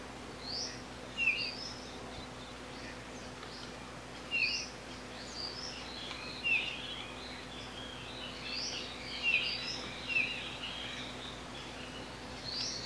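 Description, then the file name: Golden-rumped euphonia giving sharp high chips and brief whistles in scattered bursts throughout, with a low constant hum behind. "canto do gaturamo rei"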